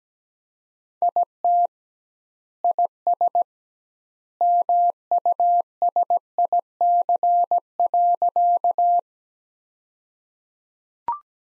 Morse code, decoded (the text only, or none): IT IS MUSIC.